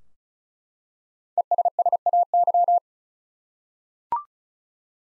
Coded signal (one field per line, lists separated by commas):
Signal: Morse code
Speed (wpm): 36 wpm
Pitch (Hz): 700 Hz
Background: none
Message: ESSAY